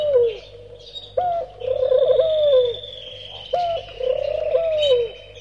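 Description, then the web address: Bird giving low whistled notes, some flat then falling and some warbling, in a few phrases, with a long steady high thin tone running alongside. "audio animali uccelli uccelli birds"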